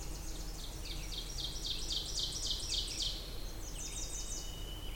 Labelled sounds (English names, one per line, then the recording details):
Ovenbird song
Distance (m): 40 m
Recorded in boreal forest in Alberta, Canada, on 20 June 2016 at 07:19
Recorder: SongMeter 3, array SBT-6-81
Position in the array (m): 32 m, 240 m
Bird 26